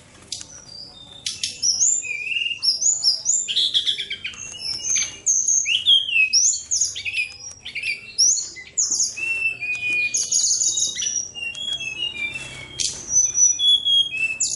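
Bird song: a rich, varied stream of clear whistles, slurred rising and falling notes and sharp chips, delivered rapidly and almost without pause throughout.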